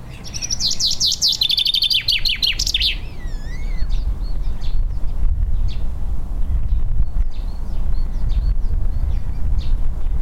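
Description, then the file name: Common chaffinch delivers a rapid falling trill with an ending flourish, followed by a few faint scattered chirps and a continuous low rumble. "Fringilla coelebs"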